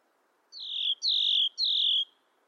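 Bird calling three times in quick succession, each note a clear, high chirp that starts sharp and slides downward, over a quiet background hiss.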